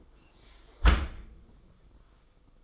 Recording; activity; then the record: daily activity, microphone in the room; close dishwasher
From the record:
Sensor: 5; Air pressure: 990.6 hPa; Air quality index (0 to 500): 164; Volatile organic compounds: 295 ppm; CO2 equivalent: 4470 ppm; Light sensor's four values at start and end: 37/114/44/47 and 37/114/44/47